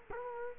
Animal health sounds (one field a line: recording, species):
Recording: mosquito wingbeat signal from an infrared sensor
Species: Culex quinquefasciatus